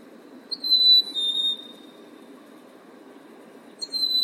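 Bird's single high whistled note dropping slightly in pitch, then silence, and the whistle starting again at the end.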